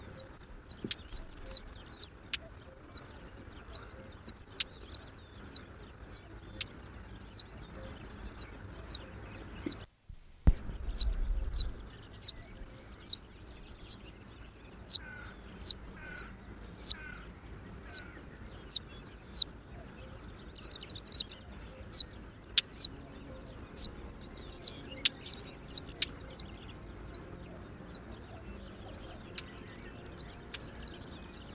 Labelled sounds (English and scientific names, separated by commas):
Northern Wheatear (Oenanthe oenanthe) call